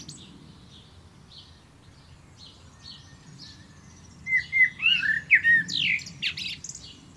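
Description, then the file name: Common blackbird song: faint high twittering at first, then a loud phrase of mellow, looping fluted whistles ending in sharp, high squeaky notes. "Turdus merula"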